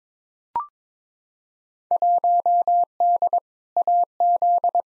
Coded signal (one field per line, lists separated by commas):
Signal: Morse code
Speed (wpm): 22 wpm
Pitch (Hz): 700 Hz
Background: none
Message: 1D AZ